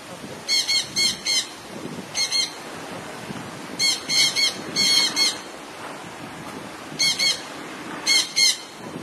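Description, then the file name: Jandaya parakeet giving harsh, high screeching squawks in quick bursts of a few notes, repeated several times over a soft background hiss. "canto da jandaia verdadeira"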